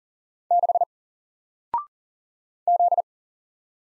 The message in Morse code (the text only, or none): 6 Z